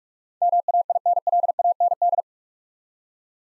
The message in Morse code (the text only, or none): MAINLAND